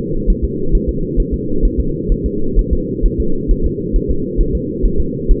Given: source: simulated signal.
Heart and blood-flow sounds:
fetal heart sounds
0.30 s: S1
0.44 s: S2
0.75 s: S1
0.89 s: S2
1.20 s: S1
1.34 s: S2
1.65 s: S1
1.80 s: S2
2.12 s: S1
2.26 s: S2
2.59 s: S1
2.73 s: S2
3.06 s: S1
3.20 s: S2
3.51 s: S1
3.66 s: S2
3.96 s: S1
4.10 s: S2
4.41 s: S1
4.55 s: S2
4.85 s: S1
5.00 s: S2
5.31 s: S1
From the record:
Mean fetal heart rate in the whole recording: 130 bpm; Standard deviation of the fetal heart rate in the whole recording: 4 bpm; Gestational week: 38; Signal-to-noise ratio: -8.1 dB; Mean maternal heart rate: 72 bpm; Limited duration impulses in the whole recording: present

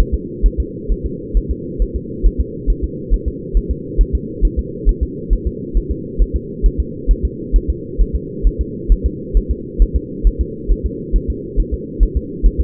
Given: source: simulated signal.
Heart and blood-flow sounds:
fetal heart sounds
0.00 s: S1
0.14 s: S2
0.46 s: S1
0.60 s: S2
0.92 s: S1
1.06 s: S2
1.37 s: S1
1.51 s: S2
1.82 s: S1
1.96 s: S2
2.26 s: S1
2.41 s: S2
2.70 s: S1
2.84 s: S2
3.14 s: S1
3.28 s: S2
3.57 s: S1
3.71 s: S2
4.01 s: S1
4.15 s: S2
4.45 s: S1
4.59 s: S2
4.89 s: S1
5.03 s: S2
5.33 s: S1
5.47 s: S2
5.77 s: S1
5.91 s: S2
6.22 s: S1
6.36 s: S2
6.66 s: S1
6.80 s: S2
7.11 s: S1
7.25 s: S2
7.56 s: S1
7.70 s: S2
8.01 s: S1
8.16 s: S2
8.47 s: S1
8.61 s: S2
8.92 s: S1
9.06 s: S2
9.37 s: S1
9.51 s: S2
9.82 s: S1
9.96 s: S2
10.27 s: S1
10.41 s: S2
10.72 s: S1
10.86 s: S2
11.16 s: S1
11.30 s: S2
11.60 s: S1
11.74 s: S2
12.03 s: S1
12.17 s: S2
12.46 s: S1
12.61 s: S2
From the record:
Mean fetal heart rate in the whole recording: 135 bpm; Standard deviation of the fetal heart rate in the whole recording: 3 bpm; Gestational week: 36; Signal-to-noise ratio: -4.1 dB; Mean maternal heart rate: no maternal heart sound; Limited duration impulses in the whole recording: absent

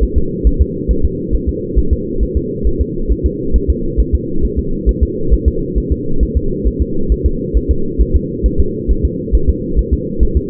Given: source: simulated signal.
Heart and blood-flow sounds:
fetal heart sounds
0.03 s: S1
0.18 s: S2
0.47 s: S1
0.62 s: S2
0.91 s: S1
1.05 s: S2
1.35 s: S1
1.49 s: S2
1.79 s: S1
1.93 s: S2
2.23 s: S1
2.37 s: S2
2.67 s: S1
2.81 s: S2
3.12 s: S1
3.26 s: S2
3.56 s: S1
3.70 s: S2
4.00 s: S1
4.15 s: S2
4.45 s: S1
4.59 s: S2
4.89 s: S1
5.03 s: S2
5.34 s: S1
5.48 s: S2
5.78 s: S1
5.92 s: S2
6.23 s: S1
6.37 s: S2
6.68 s: S1
6.82 s: S2
7.12 s: S1
7.26 s: S2
7.57 s: S1
7.71 s: S2
8.01 s: S1
8.16 s: S2
8.46 s: S1
8.60 s: S2
8.91 s: S1
9.05 s: S2
9.35 s: S1
9.50 s: S2
9.79 s: S1
9.94 s: S2
10.23 s: S1
10.37 s: S2
From the record:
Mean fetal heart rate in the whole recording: 135 bpm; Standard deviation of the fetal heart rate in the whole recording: 3 bpm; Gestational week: 34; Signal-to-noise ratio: -8.1 dB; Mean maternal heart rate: 72 bpm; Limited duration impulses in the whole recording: absent

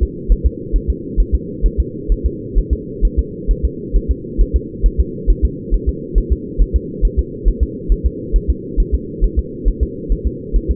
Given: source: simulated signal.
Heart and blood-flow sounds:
fetal heart sounds
0.03 s: S2
0.32 s: S1
0.46 s: S2
0.76 s: S1
0.90 s: S2
1.20 s: S1
1.35 s: S2
1.66 s: S1
1.80 s: S2
2.12 s: S1
2.26 s: S2
2.59 s: S1
2.73 s: S2
3.05 s: S1
3.19 s: S2
3.51 s: S1
3.65 s: S2
3.96 s: S1
4.11 s: S2
4.41 s: S1
4.56 s: S2
4.86 s: S1
5.00 s: S2
5.30 s: S1
5.45 s: S2
5.74 s: S1
5.89 s: S2
6.18 s: S1
6.32 s: S2
6.62 s: S1
6.76 s: S2
7.05 s: S1
7.19 s: S2
7.48 s: S1
7.63 s: S2
7.92 s: S1
8.06 s: S2
8.36 s: S1
8.50 s: S2
8.80 s: S1
8.94 s: S2
9.24 s: S1
9.39 s: S2
9.68 s: S1
9.83 s: S2
10.12 s: S1
10.27 s: S2
10.56 s: S1
10.71 s: S2
From the record:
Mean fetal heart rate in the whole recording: 135 bpm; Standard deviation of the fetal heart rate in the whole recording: 3 bpm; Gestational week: 36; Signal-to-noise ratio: -4.1 dB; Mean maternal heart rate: no maternal heart sound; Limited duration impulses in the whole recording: absent

